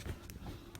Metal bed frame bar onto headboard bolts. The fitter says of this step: bar to slip over and there pops into place and now you just tighten these back up